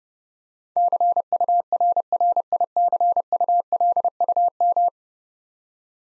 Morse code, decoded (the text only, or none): CURRICULUM